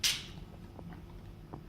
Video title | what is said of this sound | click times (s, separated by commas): MyGoFlight - Flex Suction Demo | press you're going to hear it click | 0.0 s